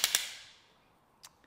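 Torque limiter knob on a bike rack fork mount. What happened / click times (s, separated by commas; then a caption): The torque limiter clutch clicked over, so the set tightness was reached / 0.0 s, 0.2 s. Turning the torque limiter knob on a Thule TopRide bike rack fork mount past its setting makes the clutch ratchet, with two sharp clutch clicks at 0.0 and 0.2 seconds. Two much fainter ticks follow at about 1.2 and 1.4 seconds.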